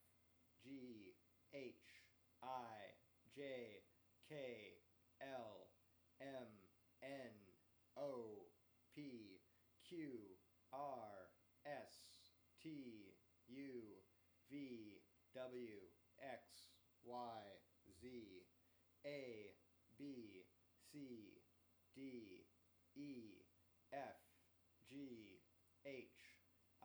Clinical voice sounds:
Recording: letters of the alphabet, spoken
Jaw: free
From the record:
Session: first day, before the bite bar

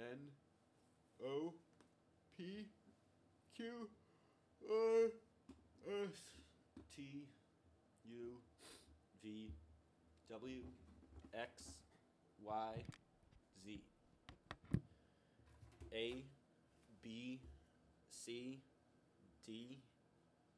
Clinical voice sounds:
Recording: letters of the alphabet, spoken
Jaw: free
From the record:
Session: seven days later

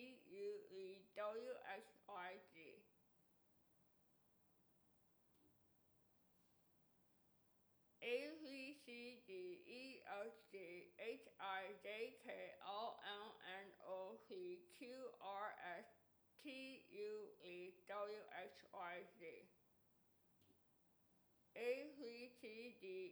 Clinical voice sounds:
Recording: letters of the alphabet, spoken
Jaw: constrained by a bite bar between the teeth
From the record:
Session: first day, right after the free take

